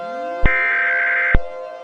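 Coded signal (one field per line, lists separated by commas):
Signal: Emergency Alert System (SAME) tones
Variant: header bursts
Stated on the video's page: Fictional EAS scenario made as a collaboration.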